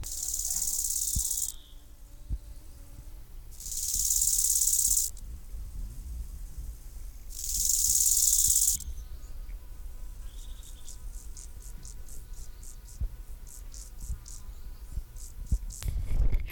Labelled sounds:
Bow-winged Grasshopper stridulation
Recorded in the wild
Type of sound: stridulation
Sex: male
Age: imago
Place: Groß Schönebeck, Schorfheide, Brandenburg, DE
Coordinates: 52.91, 13.53
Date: 1996-08-03 12:13
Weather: heiter, 23°C
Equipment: Sony MD-WM MZ-R3, Sennheiser ME 80, Kopie Uher 4000 Report Monitor
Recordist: Tembrock, Günter
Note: Männchen: 14:30-16:56)

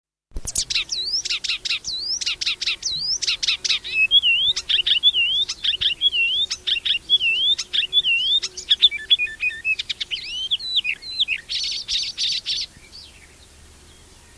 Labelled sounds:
Icterine Warbler song
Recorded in the wild
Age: adult
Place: Erlangen (Neuweiher), Bayern, DE
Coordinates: 49.6056, 10.9581
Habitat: pond
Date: 1966-05-12
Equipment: Original, Vollspur, Parabolspiegel Grampian
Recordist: Tretzel, Erwin

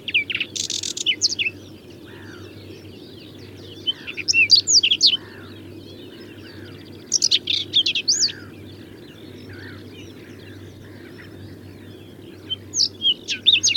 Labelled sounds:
Whinchat song
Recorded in the wild
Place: Schwerin, Lewitz, Mecklenburg-Vorpommern, DE
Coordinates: 53.636, 11.401
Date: 1984-04-30 06:42
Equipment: Nagra III BH, Sennheiser MD 21, parabola
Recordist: Schubert, Michael
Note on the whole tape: Gesang Braunkehlchen

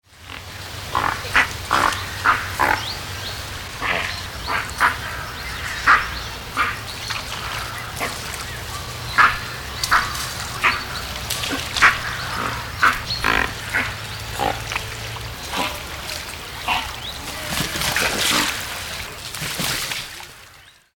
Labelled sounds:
Dalmatian Pelican
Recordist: Tembrock, Günter
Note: Laute bei Fütterung

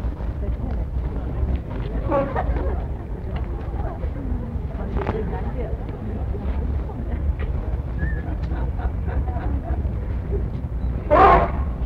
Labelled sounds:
Asian Elephant trumpet call
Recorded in captivity
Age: adult
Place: Zoo Berlin, Berlin, DE
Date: 1960-12-26 15:30
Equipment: Minifon, Kopie Smaragd
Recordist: Tembrock, Günter

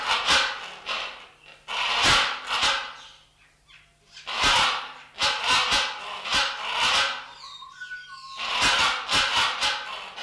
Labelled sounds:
Great Hornbill
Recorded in captivity
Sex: pair
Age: adult
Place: Zoo Berlin, Berlin, DE
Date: 1994-01-15 12:05
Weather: wechselnd wolkig, +5°C
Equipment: Marantz CP 430, Sennheiser MKH 416 T, Kopie Uher Variocord 263
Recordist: Tembrock, Günter

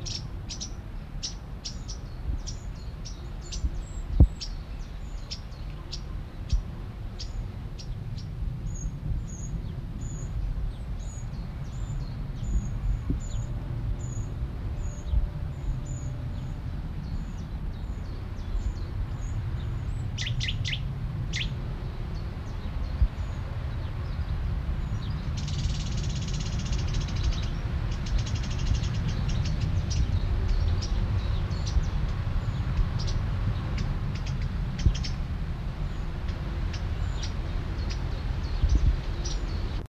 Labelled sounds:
Cetti's Warbler
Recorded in the wild
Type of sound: alarm call, begging call
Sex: group
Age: subadult
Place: Berneburg (Sontra), Hessen, DE
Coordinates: 51.06, 9.88
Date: 1975-08-09
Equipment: Halbspur, 9,5 cm/s
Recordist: Lütgens, Hans
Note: Warnrufe und Bettellaute flügger Jungen

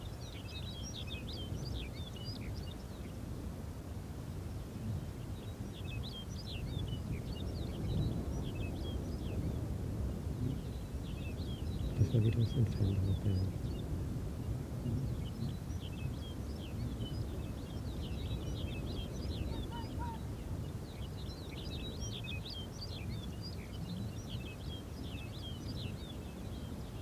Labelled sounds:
Arctic Fox
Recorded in the wild
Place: Insel Mednyi, Kommandeur-Inseln, RU
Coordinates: 54.5167, 168.083
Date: 1999-07-08
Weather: klare Sicht, 5°C, fast windstill im Tal
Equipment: Sony WM-D6C, Sennheiser MKH 70, Windkorb, Kopie Tascam DA 30
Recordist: Frommolt, Karl-Heinz

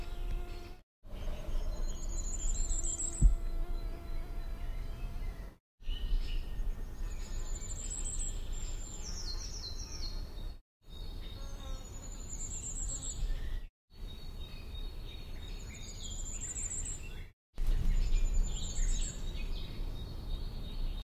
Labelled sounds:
Common Firecrest song
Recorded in the wild
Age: adult
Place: Bogensee, Barnim, Brandenburg, DE
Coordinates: 52.7731, 13.5242
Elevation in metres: 60
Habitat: coniferous forest
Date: 2003-06-11
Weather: 20°C, cloudy, almost windless
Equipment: Tascam DA-P1, Sennheiser MKH 70
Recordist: Frommolt, Karl-Heinz
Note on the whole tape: Fichtenbestand am Forstamt Lanke am Bogensee: Gesang eines Sommergoldhähnchens. Aufnahme ist geschnitten. Tier singt in einer Fichte

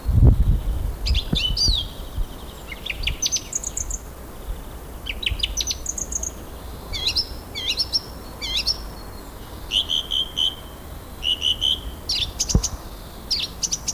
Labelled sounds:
Song Thrush song
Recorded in the wild
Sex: male
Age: adult
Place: Friedhof Lübars, Berlin, DE
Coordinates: 52.6, 13.35
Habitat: city cemetery
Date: 2000-03-26 14:24
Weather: overcast, 12°C
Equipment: Nagra SN, Kopie Uher 4000 Report Monitor
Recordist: Tembrock, Günter

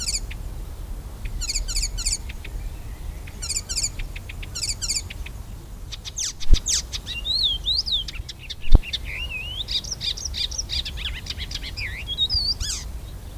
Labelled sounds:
Icterine Warbler song
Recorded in the wild
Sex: male
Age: adult
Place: Erlangen, Bayern, DE
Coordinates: 49.6094, 11.0097
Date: 1960-06-05
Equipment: Maihak, Original, Vollspur
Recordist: Tretzel, Erwin

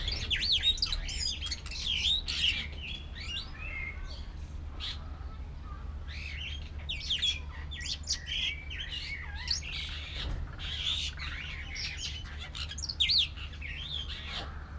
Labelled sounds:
Superb Starling
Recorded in captivity
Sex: male
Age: adult
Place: Zoo Berlin, Berlin, DE
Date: 1994-05-21 12:28
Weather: heiter, 12-16°C
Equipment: Marantz CP 430, Sennheiser ME 80, Kopie Uher Variocord 263
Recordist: Tembrock, Günter
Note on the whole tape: Gesang: 2 Exemplare

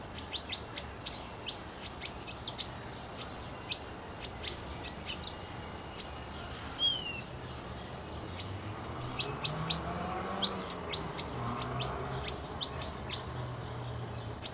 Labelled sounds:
Pin-tailed Whydah
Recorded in captivity
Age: adult
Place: Zoo Berlin, Berlin, DE
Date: 1992-05-09 11:51
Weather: wolkig, 11-14°C
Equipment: Nagra SN, Mikrofon AKG CK 8, Kopie Tesla B 116
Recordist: Tembrock, Günter

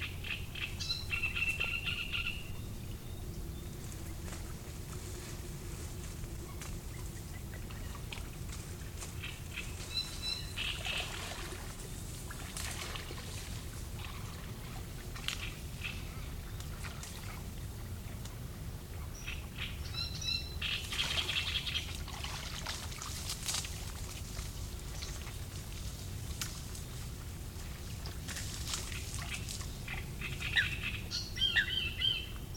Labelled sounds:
Great Reed Warbler
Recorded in the wild
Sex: male
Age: adult
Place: Müggelsee, Berlin, DE
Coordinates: 52.43, 13.64
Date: 1990-05-01 17:45
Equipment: Uher 4400 Report Monitor, Sennheiser ME 80, K 30 AV
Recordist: Fischer, Stefan
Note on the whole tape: Südostecke: Gesang - unberingter Vogel - schlechte Qualität

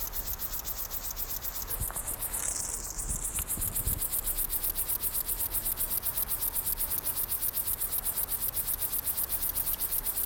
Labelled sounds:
Upland Field Grasshopper
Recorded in the wild
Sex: male
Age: imago
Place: Blankenfelde, Berlin, DE
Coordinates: 52.63, 13.4
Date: 1991-10-06 12:51
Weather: sonnig, Schatten: 25,3 °C, Sonne: 30,4°C
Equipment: Marantz CP 430, Sennheiser ME 80, K 30 AV, Kopie Tesla B 116
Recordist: Tembrock, Günter

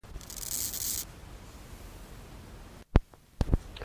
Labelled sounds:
Steppe Grasshopper stridulation
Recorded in the wild
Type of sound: stridulation
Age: imago
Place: Rappelsdorf (b. Schleusingen), Thüringen, DE
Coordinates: 50.5, 10.7167
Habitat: wetland
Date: 1987-08-22 18:37
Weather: sunny, ca. 25°C
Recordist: Tembrock, Günter
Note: Feuchtbiotop: Stridulation

